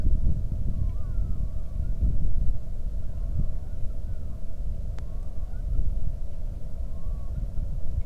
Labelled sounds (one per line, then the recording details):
loon
wind
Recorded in the Arctic National Wildlife Refuge, Alaska, on 3 August 2019 at 09:07
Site 46